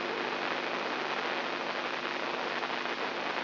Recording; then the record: brain microelectrode recording played as sound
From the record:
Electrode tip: inside the subthalamic nucleus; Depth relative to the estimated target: -3 mm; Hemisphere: right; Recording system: AlphaMap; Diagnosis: Parkinson's disease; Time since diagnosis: 11 years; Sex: male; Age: 67 years